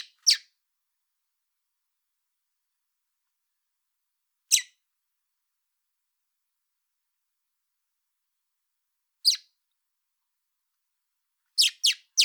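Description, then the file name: Common blackbird calls: single sharp, high ticks spaced widely, then a rapid run of three ticks at the end. "Turdus merula"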